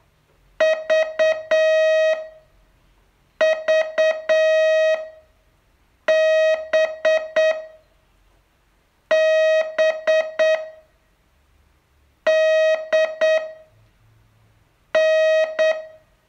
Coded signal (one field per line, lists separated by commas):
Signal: Morse code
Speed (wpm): 8 wpm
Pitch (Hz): 630 Hz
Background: music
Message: V V B B D N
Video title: Learn Morse in 42 Days from VU2LAU - day 29